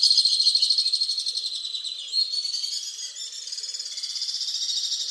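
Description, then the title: Alpine swift trilling song: quick, strongly pulsed high trill at the start, blurring briefly into a softer chatter before steady beating trills return. "Le chant du martinet à ventre blanc"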